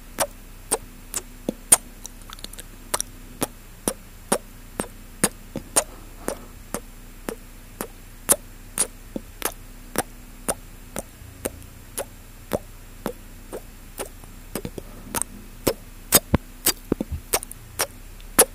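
Mouth sounds: a steady run of sharp, wet clicks and pops, roughly two per second at an uneven pace, some louder than others. Underneath sits a faint, constant low hum with very little else between the clicks.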